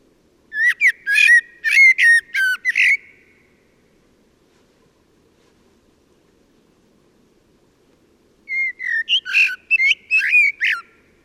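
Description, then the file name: Common blackbird singing two quick strings of clipped whistled and chattering notes, separated by a long silent gap. "Turdus merula"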